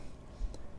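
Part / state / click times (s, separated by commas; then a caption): base plate on a pistol magazine body / released / 0.5 s. A polymer pistol magazine body is pinched and its base plate is levered down off the rails. A faint, short click is heard at 0.5 s as the base plate releases, against a low background. The base plate comes free of the magazine body.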